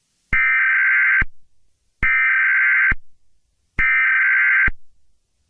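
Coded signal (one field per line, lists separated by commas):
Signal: Emergency Alert System (SAME) tones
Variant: header bursts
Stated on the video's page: Simulated EAS scenario based on the game Garten of BanBan Chapter 1.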